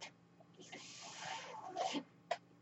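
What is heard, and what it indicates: A soft airy hiss builds, then a brief puff and click: a home mechanical ventilator delivering one breath.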